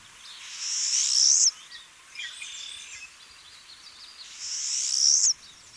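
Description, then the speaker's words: Pine Siskin calls: two long, high, rasping buzzy notes with a softer chatter between them, over a steady background hiss. Call likened to drawing a thumbnail across the teeth of a comb, used as a memory aid. "If we say that this call, the call of a pine siskin, sounds like drawing one's thumbnail across the teeth of a comb, we immediately get a memory association which will help to recall it later."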